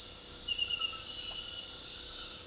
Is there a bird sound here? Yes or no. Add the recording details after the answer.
no. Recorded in dense forest near Puerto Asís, Putumayo, Colombia, on 21 February 2024 at 02:00. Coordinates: 0.481, -76.318. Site G6421